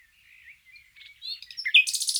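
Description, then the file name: Common nightingale song: quiet warbled notes building into loud rapid buzzy chirps. "Luscinia megarhynchos"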